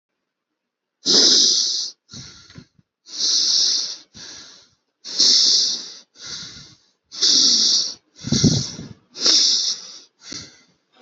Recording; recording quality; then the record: deep breathing; excellent, no background noise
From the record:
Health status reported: healthy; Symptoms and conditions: none ticked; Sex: male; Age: 29 years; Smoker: not ticked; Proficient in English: yes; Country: India